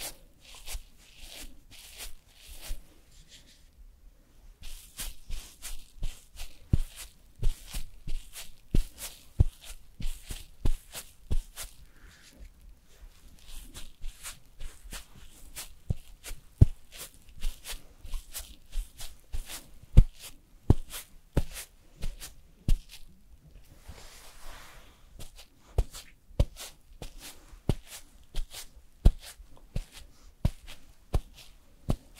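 Makeup and hair styling, heard as a steady run of sharp clicks, taps and light knocks scattered irregularly through the whole stretch. Soft rustling and brushing fill the gaps, with a brief quiet pause near four seconds and a short hissy sweep around twenty-four seconds.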